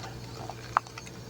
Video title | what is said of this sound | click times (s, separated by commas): S.H.Figuarts BERSERK Guts (Berserker armor) toy review | just like so now you should hear a click whenever it's fully on there so it doesn't fall off like mine used to all the time I panicked | 0.8 s